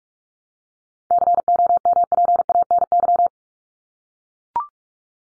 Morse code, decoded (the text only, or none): COMPANY